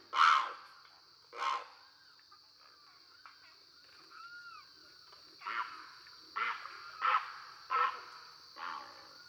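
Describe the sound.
Great Blue Heron utters coarse squawks, two early and a ragged series later, over a steady high hum.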